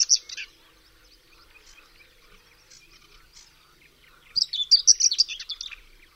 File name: POKLĄSKWA